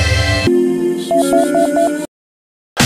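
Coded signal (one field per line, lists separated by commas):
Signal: none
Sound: music track beeps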